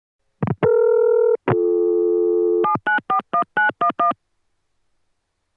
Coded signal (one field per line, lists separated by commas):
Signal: DTMF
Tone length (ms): 120 ms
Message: 7941911